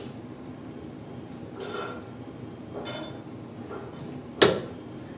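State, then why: Seated. The column-locking lever on a toolroom lathe is pulled to the left and tightened past its initial free, no-resistance travel, with a few faint metallic rattles along the way. At 4.4 s it pops into place with a sharp click, meaning the column is sufficiently locked. No one talks in the clip.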